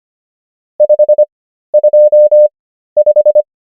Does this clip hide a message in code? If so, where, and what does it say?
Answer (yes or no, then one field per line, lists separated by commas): yes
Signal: Morse code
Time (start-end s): 0.8-3.4 s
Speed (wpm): 25 wpm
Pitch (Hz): 600 Hz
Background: none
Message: 525